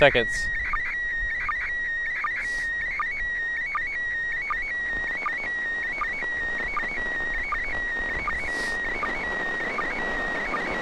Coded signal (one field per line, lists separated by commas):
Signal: SSTV (slow-scan television)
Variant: PD 180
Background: speech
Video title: Rare MAI-75 USA ISS SSTV Reception - April 2016 Video #3